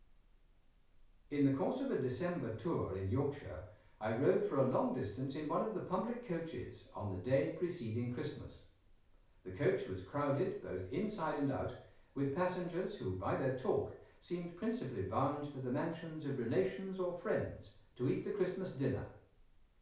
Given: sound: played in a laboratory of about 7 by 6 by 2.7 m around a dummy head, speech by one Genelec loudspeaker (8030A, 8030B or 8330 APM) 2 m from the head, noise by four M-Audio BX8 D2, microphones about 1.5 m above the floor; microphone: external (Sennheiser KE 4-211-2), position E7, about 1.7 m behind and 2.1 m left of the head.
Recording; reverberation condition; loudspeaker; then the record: male speech in English; medium; 120 degrees to the right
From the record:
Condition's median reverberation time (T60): about 510 ms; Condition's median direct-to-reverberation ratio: about -0.5 dB